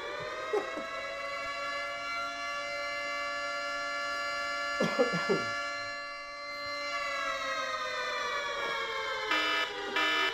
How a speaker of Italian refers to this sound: Facciamo partire la sirena. Facciamo partire la sirena.